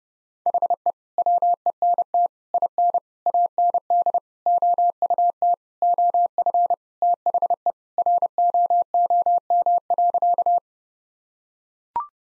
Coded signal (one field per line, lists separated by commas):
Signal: Morse code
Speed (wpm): 30 wpm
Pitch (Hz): 700 Hz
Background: none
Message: HE WENT IN AND OUT OF THE ROOM.